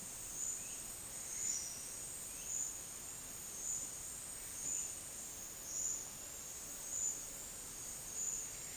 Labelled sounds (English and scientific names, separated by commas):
none